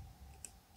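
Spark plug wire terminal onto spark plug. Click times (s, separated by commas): 0.4 s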